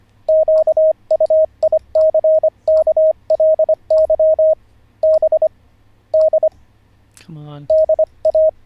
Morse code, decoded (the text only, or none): QUICKLY B D DA